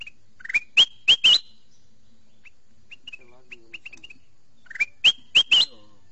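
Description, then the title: Sooty-headed bulbul calls: loud rising whistled slurs in a quick series of three or four, a pause with soft short notes, then the series again. "Suara Burung Kutilang"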